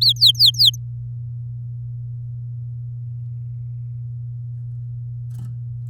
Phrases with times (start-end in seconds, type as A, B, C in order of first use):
0.01-0.70 A